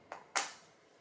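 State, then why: Seated. A plastic waist buckle of a baby carrier is pushed into its mating clasp and clicks shut at about 0.1 s. A louder, broader snap follows at 0.4 s and fades out over the next few tenths of a second. The buckle is confirmed seated.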